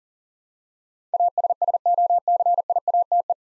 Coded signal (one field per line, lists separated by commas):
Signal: Morse code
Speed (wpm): 40 wpm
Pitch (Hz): 700 Hz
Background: none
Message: ASSOCIATE